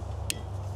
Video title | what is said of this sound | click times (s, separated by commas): Fix Your Rear Wiper for Under $10! Quick & Easy DIY Maintenance | You want to take that, you want to put it in there, snap right into place. Boom. | 0.3 s